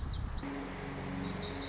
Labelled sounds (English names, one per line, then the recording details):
Lazuli Bunting
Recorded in Sonoma County, California